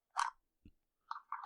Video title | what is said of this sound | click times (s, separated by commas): Take on The World Knife Review Haltafor Outdoor | you hear the pop when it goes back in | 1.3 s